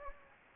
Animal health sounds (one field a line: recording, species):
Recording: mosquito wingbeat signal from an infrared sensor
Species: Anopheles gambiae